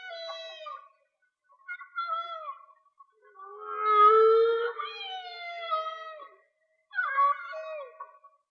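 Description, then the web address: Whale song in several phrases of harmonic, gliding moans, some sweeping down and others rising, with short silences between them. Linked to a whale and dolphin watching page; mono. "Whale Song-colin. whale dolphin watching"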